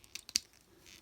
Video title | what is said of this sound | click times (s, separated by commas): Studio Series 100 Deluxe Class Bumblebee Review - Transformers Rise Of The Beasts | And click that. | 0.4 s